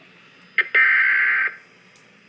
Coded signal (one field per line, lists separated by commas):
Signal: Emergency Alert System (SAME) tones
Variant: header bursts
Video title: EAS 137 Flash Flood Warning